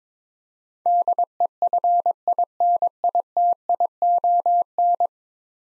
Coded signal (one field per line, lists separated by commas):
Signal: Morse code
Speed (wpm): 22 wpm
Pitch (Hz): 700 Hz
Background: none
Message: DEFINITION